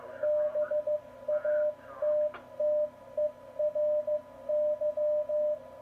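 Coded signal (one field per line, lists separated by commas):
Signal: Morse code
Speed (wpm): 15 wpm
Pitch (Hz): 600 Hz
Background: radio noise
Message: BATTERY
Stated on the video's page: CW received and decoded on a Yaesu FTDX3000 transceiver.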